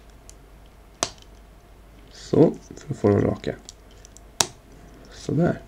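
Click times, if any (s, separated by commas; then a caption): 1.0 s. A foot of a plastic toy robot figure is pressed into its leg joint during transformation until it clicks into place, so the feet sit straight. A sharp click is heard at 1.0 s, someone talks, and another sharp snap comes at 4.4 s. The foot is seated.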